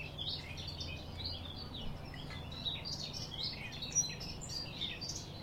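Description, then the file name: Eurasian blackcap song: quick, scratchy warbled notes tumbling up and down over a steady low hum. "Sylvia atricapilla"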